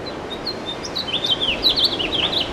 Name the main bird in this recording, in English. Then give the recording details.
House Finch. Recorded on Long Island, New York, on 2 June 2012. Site CP. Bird E